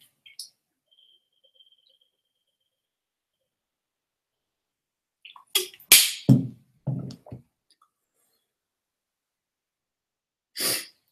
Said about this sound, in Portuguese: O bocejo tá brabo hoje. Todos bocejando.